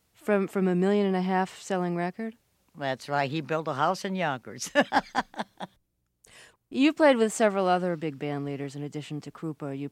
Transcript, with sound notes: From a million-and-a-half-selling record?
That's right. He built a house in Yonkers (laughter).
You've played with several other big band leaders, in addition to Krupa.